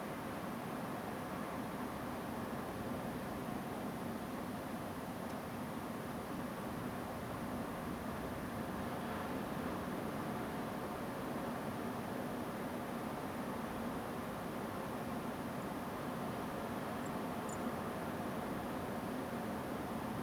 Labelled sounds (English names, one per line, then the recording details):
Song Thrush
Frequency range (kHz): Song Thrush 6.8-10.6 kHz
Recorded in France